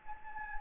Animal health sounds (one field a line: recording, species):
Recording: mosquito wingbeat signal from an infrared sensor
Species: Anopheles gambiae